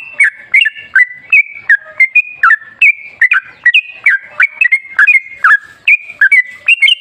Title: GACOR Ropel Ngalas Pancingan Trucukan Agar Bunyi Jadikan Burung Trucuk